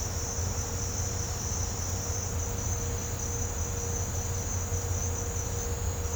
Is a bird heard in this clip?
no